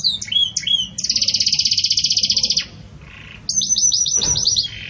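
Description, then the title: Belgian canary song: bright high trills and a long rapid buzzing roll, then a short pause and a fresh run of sharp notes. Belgian canary breed; pure "campainha" song with pauses, for training. "Canto Canário Belga Campainha Puro Com Pausa Para Treinamento"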